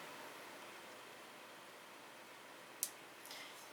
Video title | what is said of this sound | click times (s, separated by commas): OHLUX Smart WiFi Color Changing Floor Lamp | kind of clicks into place has a little tab right here so you have to squeeze that to release it | 2.8 s